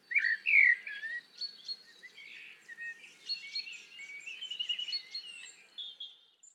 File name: Turdus merula